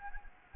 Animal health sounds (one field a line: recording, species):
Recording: mosquito wingbeat signal from an infrared sensor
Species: Anopheles gambiae